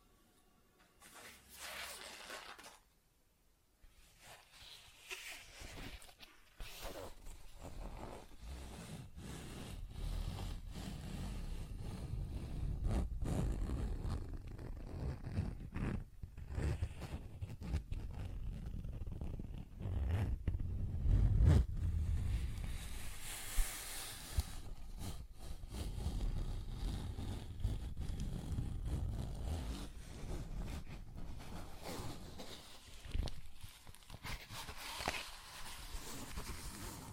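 Frequent tapping and scratching sounds land irregularly over a steady low rumble that swells after the first few seconds and continues throughout.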